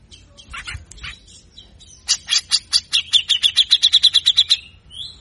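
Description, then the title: Grey-cheeked bulbul: soft scratchy notes first, then a loud accelerating string of harsh chattering notes lasting about two and a half seconds. Masteran (training) recording for songbirds, long-duration; persistent singing in the harsh besetan kasar style, said to be effective in luring reluctant, quiet cucak jenggot into singing. "MASTERAN CUCAK JENGGOT GACOR FULL BESETAN KASAR DURASI PANJANG !!!. Cucak Jenggot Gacor Ngotot Ampuh Pikat Suara Cucak Jenggot Malas Bunyi"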